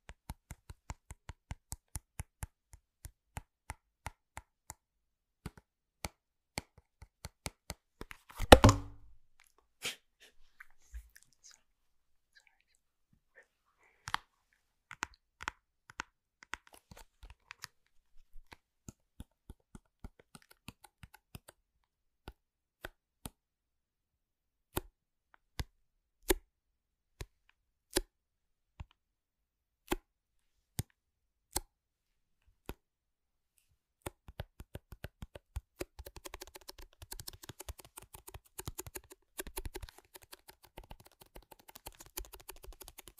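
Household objects are struck and handled, making sharp clicks and knocks. A fast, regular run of taps opens the clip, then comes one loud scraping burst near nine seconds, then sparse, uneven knocks with long gaps. Denser rattling taps return over the last eight seconds.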